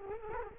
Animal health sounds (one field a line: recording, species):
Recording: mosquito wingbeat signal from an infrared sensor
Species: Culex quinquefasciatus